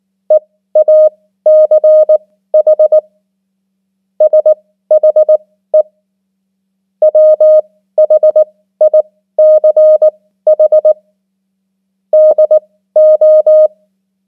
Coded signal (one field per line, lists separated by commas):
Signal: Morse code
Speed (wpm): 19 wpm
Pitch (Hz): 620 Hz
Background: none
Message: EACH SHE WHICH DO